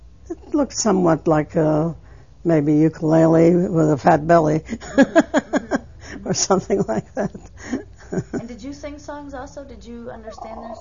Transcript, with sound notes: it looks somewhat like a, maybe a ukelele with a fat belly. ( she laughs ) Or something like that.
And did you sing songs also? Did you understand their songs?